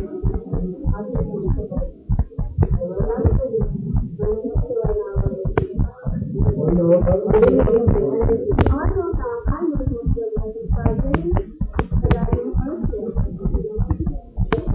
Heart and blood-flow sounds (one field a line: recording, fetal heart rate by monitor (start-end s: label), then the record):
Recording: heart sounds of a pregnant woman by stethoscope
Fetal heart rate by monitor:
no fetal heartbeat
From the record:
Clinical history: epilepsy, hypothyroidism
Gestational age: 37 weeks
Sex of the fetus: girl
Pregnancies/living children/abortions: 2/1/0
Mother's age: 27 years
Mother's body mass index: 31.6